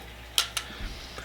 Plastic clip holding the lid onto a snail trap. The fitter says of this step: so at this point this is locked into place this top isn't going anywhere for the most part